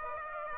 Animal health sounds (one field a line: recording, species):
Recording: mosquito wingbeat signal from an infrared sensor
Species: Aedes aegypti